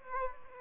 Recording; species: mosquito wingbeat signal from an infrared sensor; Aedes aegypti